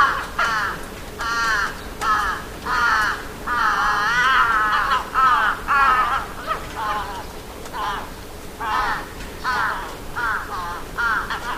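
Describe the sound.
Crow cawing: harsh nasal calls repeated in quick bursts throughout.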